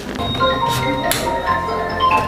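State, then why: Not seated. A lift-up flap fitting part on a kitchen cabinet is handled after being fitted on both sides, with background music playing throughout. A sudden sharp sound at 1.1 s stands out over the music, but the part has not yet been pressed home and nothing has seated or clicked yet.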